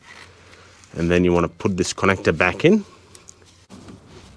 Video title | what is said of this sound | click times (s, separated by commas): BMW N52 N52K Spark Plug and Ignition coil replacement 2005 to 2010 | and push it in until it clicks down and then push it down so that | 3.1 s, 3.3 s